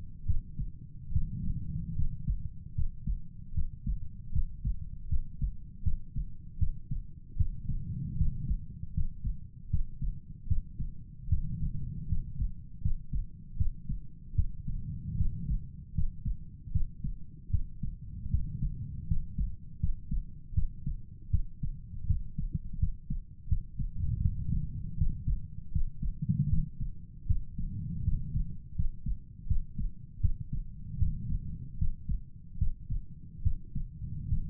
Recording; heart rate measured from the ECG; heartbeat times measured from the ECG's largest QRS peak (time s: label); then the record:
heart sounds by stethoscope; 78 bpm
0.26 s: heartbeat
1.13 s: heartbeat
1.96 s: heartbeat
2.75 s: heartbeat
3.54 s: heartbeat
4.32 s: heartbeat
5.09 s: heartbeat
5.83 s: heartbeat
6.59 s: heartbeat
7.37 s: heartbeat
8.17 s: heartbeat
8.94 s: heartbeat
9.70 s: heartbeat
10.48 s: heartbeat
11.29 s: heartbeat
12.08 s: heartbeat
12.82 s: heartbeat
13.57 s: heartbeat
14.35 s: heartbeat
15.17 s: heartbeat
15.94 s: heartbeat
16.72 s: heartbeat
17.50 s: heartbeat
18.30 s: heartbeat
19.07 s: heartbeat
19.80 s: heartbeat
20.54 s: heartbeat
21.30 s: heartbeat
22.06 s: heartbeat
22.79 s: heartbeat
23.48 s: heartbeat
24.21 s: heartbeat
24.97 s: heartbeat
25.72 s: heartbeat
26.49 s: heartbeat
27.26 s: heartbeat
28.04 s: heartbeat
28.75 s: heartbeat
29.47 s: heartbeat
30.20 s: heartbeat
30.98 s: heartbeat
31.78 s: heartbeat
32.58 s: heartbeat
33.42 s: heartbeat
34.28 s: heartbeat
From the record:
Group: healthy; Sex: male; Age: 35 years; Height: 178 cm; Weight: 64 kg